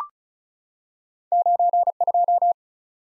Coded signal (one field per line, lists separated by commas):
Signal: Morse code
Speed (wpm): 36 wpm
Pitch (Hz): 700 Hz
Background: none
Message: 92